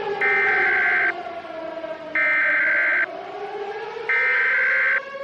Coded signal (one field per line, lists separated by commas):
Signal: Emergency Alert System (SAME) tones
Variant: header bursts